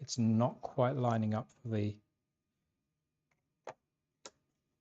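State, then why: Seated. Someone talks while a 3D-printed plastic part for a model truck's hinge, which is not lining up with the filament hinge hole, is pushed into place. After a quiet pause, a faint short click sounds at 3.7 s, then a sharper click at 4.3 s as the part pops into place and seats.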